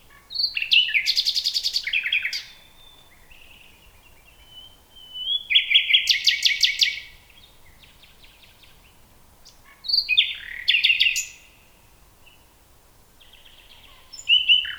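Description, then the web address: Common nightingale song: loud phrases of rapid churring trills and whistles, each lasting a couple of seconds, separated by quiet pauses of several seconds. "nachtegaal luscinia megarhynchos"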